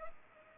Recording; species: mosquito wingbeat signal from an infrared sensor; Culex pipiens